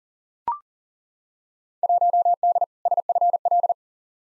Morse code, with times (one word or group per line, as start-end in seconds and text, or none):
1.8-2.6 1D
2.9-3.7 SFL